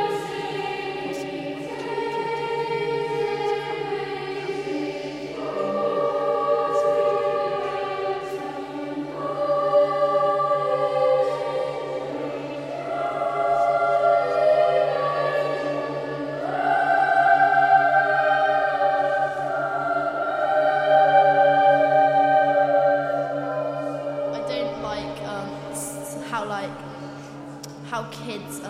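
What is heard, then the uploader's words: Sustained tones, like organ or chanting voices, fill the Cathedral recording, over a steady low hum that never breaks. Upper notes shift every few seconds into new chords, swelling and easing. Near the end, brief clicks and taps cut in. WellsCathedralSoundScape. This 30 minute soundscape features audio captured both within the Cathedral and the city. The mix includes the voices of local young people, older people, Cathedral volunteers, choristers as well as various noises heard in and around the Cathedral.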